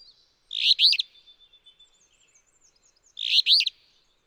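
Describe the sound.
Alder flycatcher delivering two burry, emphatic songs about two and a half seconds apart, with faint high twitters between them.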